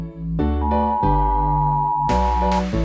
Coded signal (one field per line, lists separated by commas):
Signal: Emergency Alert System (SAME) tones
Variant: 853 and 960 Hz attention tone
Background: music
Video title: sussy sarv rates EAS alarms 🚨